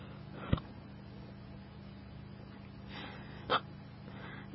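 Hiccups in an adult: two sharp hiccups about three seconds apart, painful ones that the person is trying to make loud.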